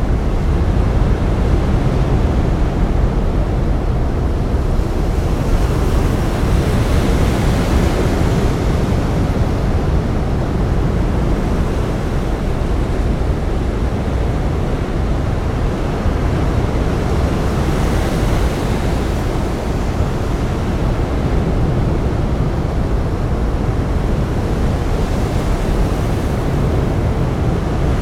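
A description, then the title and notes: Distant ocean waves make a steady, dense rumble weighted toward the low end, with no sharp individual crashes. Softer hissing swells rise and fall slowly, around 6, 18 and 26 seconds, over a constant roar with a hint of wind. PENINSULA • Study with Distant Ocean Waves.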